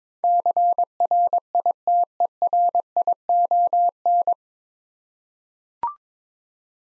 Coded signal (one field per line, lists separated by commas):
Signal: Morse code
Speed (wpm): 22 wpm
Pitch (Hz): 700 Hz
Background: none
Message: CRITERION